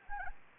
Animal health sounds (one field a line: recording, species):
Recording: mosquito wingbeat signal from an infrared sensor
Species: Anopheles gambiae